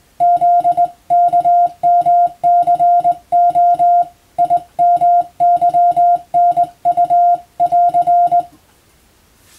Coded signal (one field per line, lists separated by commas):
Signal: Morse code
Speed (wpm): 20 wpm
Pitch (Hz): 700 Hz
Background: music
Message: ZKMCO IMYNU<AR>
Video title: 【Radio operator morse practice】This is a Morse code practice video. There is a morse exam in japan.